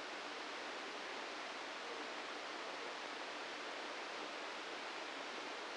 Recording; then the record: brain microelectrode recording played as sound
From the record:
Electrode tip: outside the subthalamic nucleus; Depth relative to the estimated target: 3 mm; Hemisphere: right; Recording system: NeuroSet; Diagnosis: Parkinson's disease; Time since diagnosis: 9 years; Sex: male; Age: 61 years